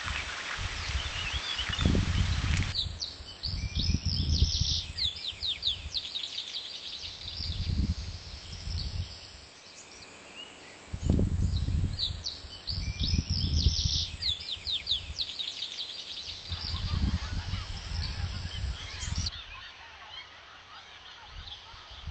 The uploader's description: In the park.